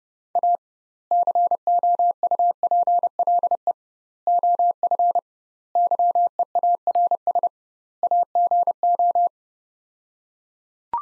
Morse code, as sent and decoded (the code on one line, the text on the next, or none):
.- / -.-. --- ..- .--. .-.. . / --- ..-. / -.-- . .- .-. ... / .- --. ---
A COUPLE OF YEARS AGO